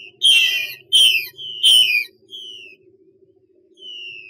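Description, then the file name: Chinese hwamei song: three loud, rich whistled phrases sliding downward, then softer descending whistles, over a faint low steady hum. Female bird giving 'xuy' calls. "Tieng chim hoa mi mai xuy"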